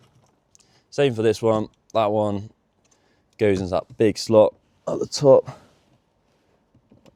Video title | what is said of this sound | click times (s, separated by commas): How to upgrade your BMW Screen┃Apple Carplay & Android Auto | Give that a nice push until you hear a little click. | 0.6 s